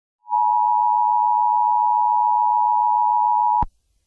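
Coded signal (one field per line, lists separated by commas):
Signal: Emergency Alert System (SAME) tones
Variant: 853 and 960 Hz attention tone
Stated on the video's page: Fictional EAS scenario.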